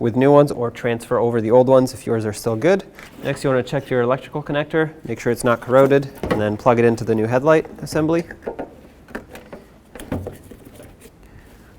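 Someone talks while handling the plastic electrical connector of the wiring harness, which is checked for corrosion and then plugged into the back of the new headlight assembly on a 2007-14 Chevy Silverado. Short handling clicks and knocks are heard near 8.6, 9.2, 9.4, 10.0 and 10.1 seconds. Nothing has seated or clicked into place yet.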